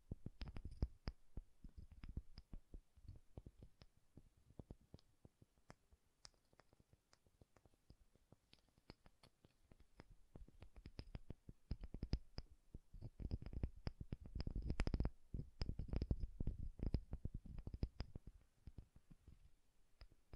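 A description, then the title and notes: Soft tapping sounds with a bassy thump, coming in irregular clusters of quick taps separated by brief pauses. The taps grow denser and a little louder around the middle and again near fifteen seconds, with faint higher clicks mixed in. ASMR Bassy and Soft Tapping Sounds.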